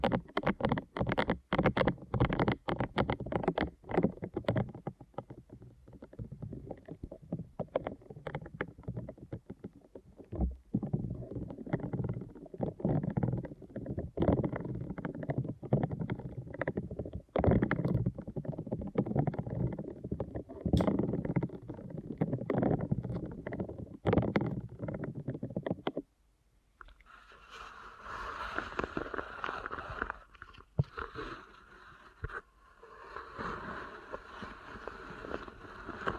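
Deep ear canal massage, heard as dense, muffled rubbing and rumbling with frequent sharp pops and crackles for the first 26 seconds. After a brief silence, the texture turns brighter and scratchier, a hissing, rustling rub that continues steadily to the end.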